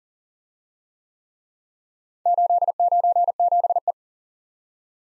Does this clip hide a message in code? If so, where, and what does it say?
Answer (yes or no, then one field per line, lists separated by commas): yes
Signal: Morse code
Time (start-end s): 2.3-3.9 s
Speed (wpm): 46 wpm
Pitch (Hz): 700 Hz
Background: none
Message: 897E